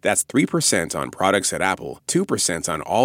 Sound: none

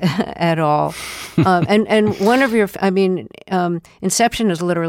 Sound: laughter

